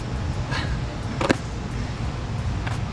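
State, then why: Seated. A cheek pad or liner piece is pressed into its snap points in a motorcycle helmet shell. Two short, sharp clicks sound at 1.2 s and 2.7 s over a low steady background. The pad snaps into place and each point is locked.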